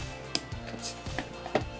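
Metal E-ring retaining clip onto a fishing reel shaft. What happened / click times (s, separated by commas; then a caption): A small metal retaining clip snaps onto a shaft / 0.3 s, 1.2 s, 1.5 s. A metal E-ring retaining clip is pressed onto a shaft in a Shimano Scorpion MGL baitcasting fishing reel during reassembly, holding a part in place. Sharp metallic clicks are heard at 0.4, 1.2 and 1.6 seconds as the clip snaps on over faint background music. The E-ring ends up seated on the shaft.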